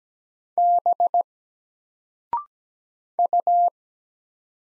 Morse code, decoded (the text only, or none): B U